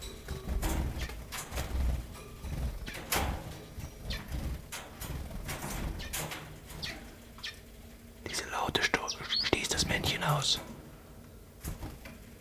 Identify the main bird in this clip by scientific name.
Phylloscopus collybita